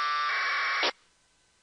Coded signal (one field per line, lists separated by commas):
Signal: packet radio (AX.25, as in APRS)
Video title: Using AFSK1200 Decoder for Radio Propagation